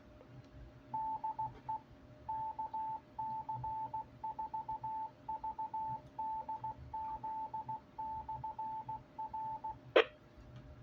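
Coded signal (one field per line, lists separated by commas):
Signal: Morse code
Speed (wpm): 16 wpm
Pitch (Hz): 880 Hz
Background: none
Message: DE KC4VDZ/R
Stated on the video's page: UHF ragchew net.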